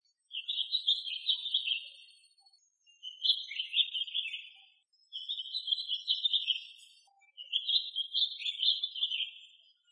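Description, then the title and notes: Bird song of four similar chattering, warbled phrases about two seconds long, separated by short pauses. Bird song, Indonesia. "Kicau Burung Indonesia"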